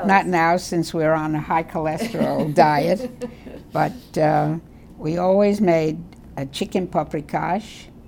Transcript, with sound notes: Not now, since we're on a high cholesterol diet. [laughs] But we always made a chicken paprikash.